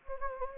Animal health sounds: mosquito wingbeat signal from an infrared sensor; Anopheles gambiae

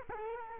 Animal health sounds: mosquito wingbeat signal from an infrared sensor; Culex quinquefasciatus

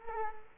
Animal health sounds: mosquito wingbeat signal from an infrared sensor; Culex quinquefasciatus

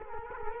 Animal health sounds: mosquito wingbeat signal from an infrared sensor; Culex quinquefasciatus

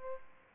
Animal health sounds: mosquito wingbeat signal from an infrared sensor; Aedes aegypti

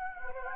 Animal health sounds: mosquito wingbeat signal from an infrared sensor; Anopheles gambiae

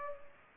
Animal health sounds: mosquito wingbeat signal from an infrared sensor; Culex pipiens

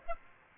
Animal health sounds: mosquito wingbeat signal from an infrared sensor; Aedes aegypti

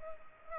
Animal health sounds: mosquito wingbeat signal from an infrared sensor; Culex pipiens

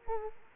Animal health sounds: mosquito wingbeat signal from an infrared sensor; Culex quinquefasciatus

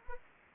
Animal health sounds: mosquito wingbeat signal from an infrared sensor; Anopheles arabiensis

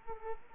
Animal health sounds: mosquito wingbeat signal from an infrared sensor; Culex quinquefasciatus

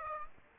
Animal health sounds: mosquito wingbeat signal from an infrared sensor; Aedes aegypti

